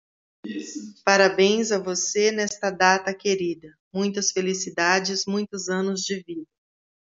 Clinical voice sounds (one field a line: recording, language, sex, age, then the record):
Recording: short text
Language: Brazilian Portuguese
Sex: female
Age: 40 to 49 years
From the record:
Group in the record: control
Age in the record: 47 years